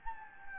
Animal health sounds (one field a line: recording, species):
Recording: mosquito wingbeat signal from an infrared sensor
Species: Anopheles gambiae